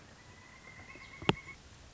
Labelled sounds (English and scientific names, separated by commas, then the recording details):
Pileated Woodpecker (Dryocopus pileatus)
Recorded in Sonoma County, California